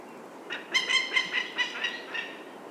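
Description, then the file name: Peregrine falcon's rasping call, several hoarse notes over about two seconds. "vandorsolyom hangja"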